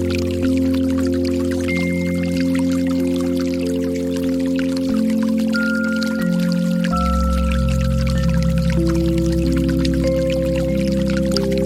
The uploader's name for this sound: 432 hz Frequency Water Sounds